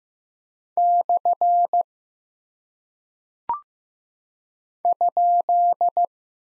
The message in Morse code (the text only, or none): / ?